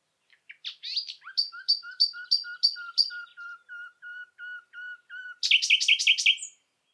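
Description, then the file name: Common nightingale song: a slow series of about a dozen low whistled notes, evenly repeated, followed by a fast burst of loud high chirps. "Luscinia megarhynchos"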